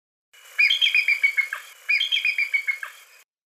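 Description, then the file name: Bald eagle chatter: two rapid descending series of thin, squeaky, stuttering notes, each lasting just over a second, delivered back to back. "suara burung elang bald. omkicau"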